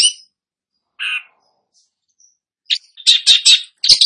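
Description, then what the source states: Long-tailed shrike song: a few isolated high notes, silence, then a burst of rapid harsh chattering phrases. Described as 'gacor', meaning singing vigorously.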